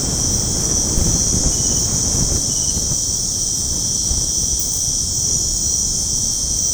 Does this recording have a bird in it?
no